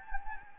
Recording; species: mosquito wingbeat signal from an infrared sensor; Anopheles gambiae